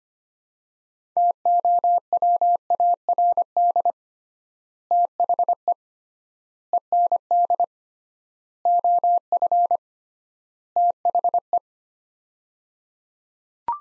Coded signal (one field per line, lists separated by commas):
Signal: Morse code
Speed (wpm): 25 wpm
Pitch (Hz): 700 Hz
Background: none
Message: TOWARD THE END OF THE